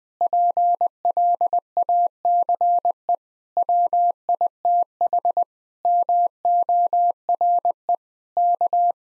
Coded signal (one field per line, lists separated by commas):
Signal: Morse code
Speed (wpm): 20 wpm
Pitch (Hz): 700 Hz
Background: none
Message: PLACE WITH MORE K